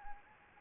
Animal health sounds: mosquito wingbeat signal from an infrared sensor; Anopheles arabiensis

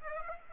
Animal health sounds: mosquito wingbeat signal from an infrared sensor; Aedes aegypti

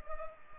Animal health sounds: mosquito wingbeat signal from an infrared sensor; Culex pipiens

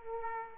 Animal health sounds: mosquito wingbeat signal from an infrared sensor; Aedes aegypti

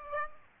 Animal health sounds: mosquito wingbeat signal from an infrared sensor; Aedes aegypti

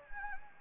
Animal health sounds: mosquito wingbeat signal from an infrared sensor; Anopheles gambiae

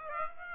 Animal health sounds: mosquito wingbeat signal from an infrared sensor; Aedes aegypti

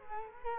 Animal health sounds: mosquito wingbeat signal from an infrared sensor; Culex quinquefasciatus

